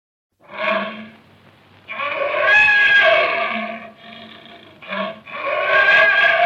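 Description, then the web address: Panther giving harsh, rasping roars, a short burst first, then longer roars with brief gaps between. "panther roaring"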